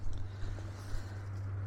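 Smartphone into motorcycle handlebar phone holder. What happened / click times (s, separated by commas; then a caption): Handled, not yet home: the holder has not clamped the phone / none. A smartphone is handled at a plastic phone holder mounted on a motorcycle handlebar, whose arms are meant to clamp and lock around it. Low steady hum and soft rustling handling noise with small bumps are heard, and no words are spoken. Nothing has seated or clicked yet, and the clip ends before the holder locks onto the phone.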